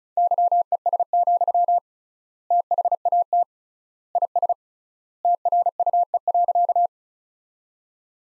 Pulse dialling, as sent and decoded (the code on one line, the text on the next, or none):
none